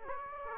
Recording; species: mosquito wingbeat signal from an infrared sensor; Aedes aegypti